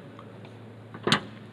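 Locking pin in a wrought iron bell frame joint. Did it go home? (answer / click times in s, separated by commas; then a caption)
no / none. A forged locking pin in a wrought iron bell frame joint is handled and pushed down. Against a steady low hum there are faint ticks, then a brief louder metallic handling clatter around 1.1 s and a small tap at 1.5 s. The pin has not dropped home, and nothing has seated or clicked yet.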